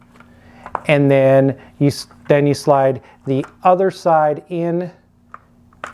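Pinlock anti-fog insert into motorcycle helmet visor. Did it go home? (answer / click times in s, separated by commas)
yes / 5.8 s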